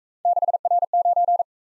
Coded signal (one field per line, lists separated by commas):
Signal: Morse code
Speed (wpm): 44 wpm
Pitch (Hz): 700 Hz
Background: none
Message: 6R9